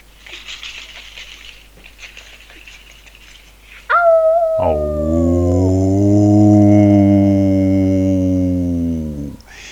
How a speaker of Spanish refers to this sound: Y de vuelta aquí en el estudio con, parece, lobos antes de la puerta.